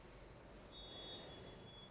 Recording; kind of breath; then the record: one breath in and out by a microphone near the nose and mouth; normal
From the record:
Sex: female